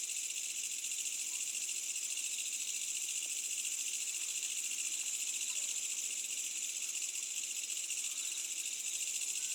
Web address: Smart Sound FX - Asian Countrysides AMBIENCE Insects Medium Night Summer Distant Village